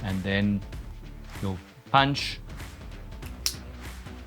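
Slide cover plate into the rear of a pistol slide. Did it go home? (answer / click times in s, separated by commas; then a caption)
yes / 3.5 s. Someone talks while the steel slide cover (firing pin) plate of a polymer-framed Glock pistol is started by finger into its slot at the rear of the slide, then pushed home with a punch. One sharp click sounds at 3.5 seconds as the plate seats in place.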